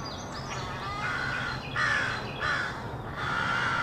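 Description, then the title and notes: Crows giving rough, drawn-out caws in a loose series of four, with faint high chirps from other birds near the start and a low background rumble. Rowdy crows loudly cawing in treetops of an urban park just after sunrise, with other birds and morning traffic; made while out with a camera. "Field Recording: The Wild and Raucous Sounds of Crows Cawing in the Treetops. keith dotson. the fine art photographer podcast. a field recording of rowdy crows loudly cawing in the treetops amidst the sounds of other birds -- and since this was recorded in an urban park -- also you may hear the sounds of morning traffic"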